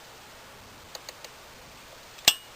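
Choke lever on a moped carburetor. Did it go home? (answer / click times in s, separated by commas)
released / 2.3 s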